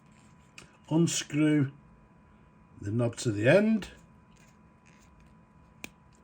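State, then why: Released. Someone talks while unscrewing the plunger knob in the barrel of a Sheaffer PFM Mk III snorkel-fill fountain pen to the end. A short, sharp click is heard at 5.8 s as the knob reaches the end of its travel, releasing the plunger so it can be pulled out.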